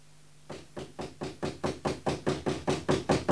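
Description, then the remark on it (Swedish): Knocking on a house door at night: a quick, steady run of about a dozen sharp raps that start after a brief silence and grow louder as they go, with no voices. “Det är någon på dörren.”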